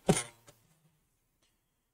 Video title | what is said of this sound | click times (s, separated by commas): HP Desktop M01 F0016 Not Turning On Replace Power Supply | go ahead and slide the optical drive all the way in and you can hear that little click | 0.1 s